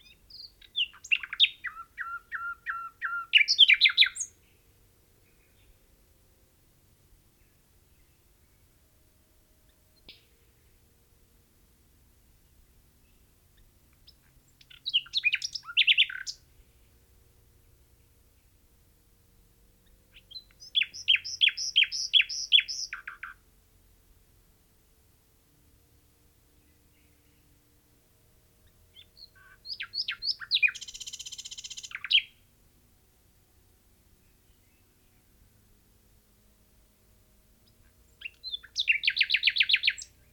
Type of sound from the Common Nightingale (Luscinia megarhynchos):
song